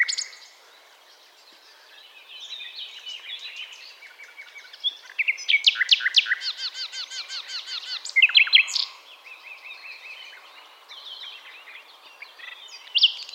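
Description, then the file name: Common nightingale singing loud, fast pulsed note series between varied whistles and rattles. "Luscinia megarhynchos"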